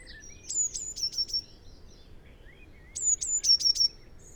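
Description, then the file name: Eurasian blue tit singing two brief phrases about two and a half seconds apart, each a couple of high notes then a fast run of repeated lower notes, faint chirps between. "Cyanistes caeruleus"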